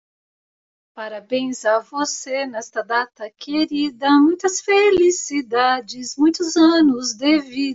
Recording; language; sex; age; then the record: short text; Brazilian Portuguese; female; 50 to 59 years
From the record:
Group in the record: control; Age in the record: 57 years